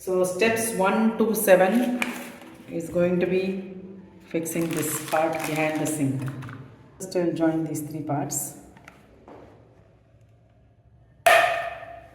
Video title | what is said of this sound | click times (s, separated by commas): LILLVIKEN Water Trap & Strainer - KALLSJON Tap - Fitting on Ikea SUNNERSTA Mini Kitchen | you heard the click sound next this part kept like this | 11.3 s